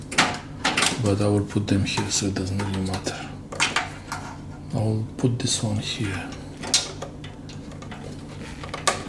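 Someone talks while a modular PCIe power cable plug is pushed into its socket on a Corsair RM850x PC power supply. The plastic latch clicks sharply at 8.9 s, and the plug is seated.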